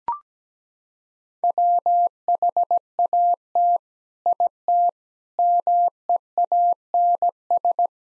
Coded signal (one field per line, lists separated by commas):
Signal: Morse code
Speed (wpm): 17 wpm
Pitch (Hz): 700 Hz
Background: none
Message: WHAT IT MEANS